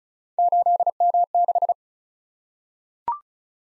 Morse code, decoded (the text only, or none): 8M6